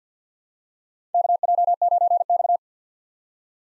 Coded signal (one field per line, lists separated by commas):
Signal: Morse code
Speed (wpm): 49 wpm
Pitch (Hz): 700 Hz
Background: none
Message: KJ9X